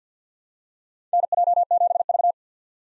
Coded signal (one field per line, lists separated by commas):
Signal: Morse code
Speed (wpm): 50 wpm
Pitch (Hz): 700 Hz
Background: none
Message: NJ7V